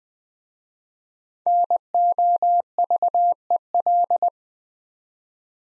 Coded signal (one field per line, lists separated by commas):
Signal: Morse code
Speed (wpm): 20 wpm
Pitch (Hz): 700 Hz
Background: none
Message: NOVEL